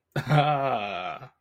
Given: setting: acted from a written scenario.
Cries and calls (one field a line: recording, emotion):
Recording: vocal sound without words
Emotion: realization